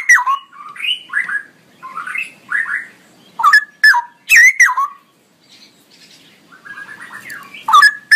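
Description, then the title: Straw-headed bulbul with a rich song of slurred whistles and loud notes, pausing briefly midway before resuming. Male, singing loudly and persistently with long, drawn-out phrases. "Cucak ROWO Jantan GACOR Suara Lantang ROoo EL Panjang"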